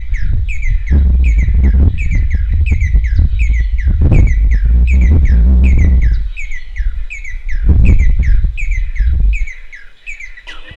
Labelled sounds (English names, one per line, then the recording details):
Red-and-yellow Barbet
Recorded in northern Uganda